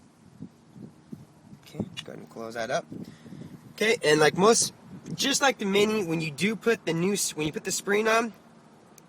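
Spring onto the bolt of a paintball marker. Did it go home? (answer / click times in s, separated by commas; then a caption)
yes / 9.0 s. Someone talks while fitting a new spring onto the lubed bolt of an Empire Axe paintball marker. A short, sharp click at 8.9 seconds marks the spring seating into place.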